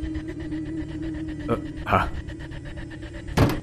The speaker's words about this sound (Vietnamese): Tôi nghe một tiếng đập cửa rõ to vang lên, cùng với đó hình như là tiếng giật mình của bác bảo vệ. Ánh liệu ló mặt ra nhìn, hình như cánh cửa tự động đóng mở đã làm cho bác có chút nghi ngại xen lẫn lo sợ.